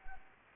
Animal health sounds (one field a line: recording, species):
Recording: mosquito wingbeat signal from an infrared sensor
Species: Anopheles arabiensis